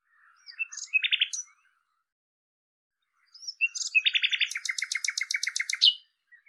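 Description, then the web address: Common nightingale song: a brief phrase, a pause, then a longer phrase ending in a long series of rapid repeated notes. "cianscape birddata Deverinetal 2025"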